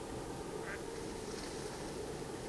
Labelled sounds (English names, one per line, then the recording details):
Mallard
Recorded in Germany
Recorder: ecoPi